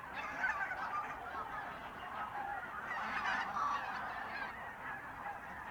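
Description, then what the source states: Goose flock calling in a rapid, irregular stream of overlapping honks that swells slightly toward the middle. Birds in a renaturalised area at Polder Glies, Sellstedt, Germany, 9 November 2020; binaural ORTF pair of t.bone SC 140 microphones with Rycote windjammer, TASCAM DR100 MK3 recorder.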